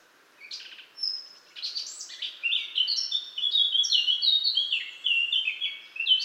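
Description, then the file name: Eurasian blackcap song: a few scratchy notes, then a rich, fast warble of clear fluty phrases jumping up and down in pitch, continuing to the end. "Sylvia atricapilla"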